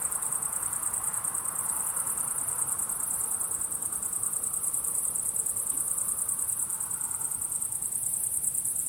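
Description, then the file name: Crickets chirping in a dense, high, rapidly pulsing trill that runs without a break, over a soft low rumble of background noise. Crickets calling at sunset. "syrsor solnedgang"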